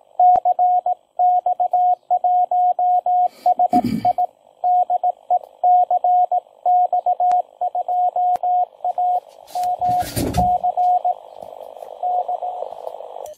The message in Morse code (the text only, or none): CX1SI DE CX2AMC D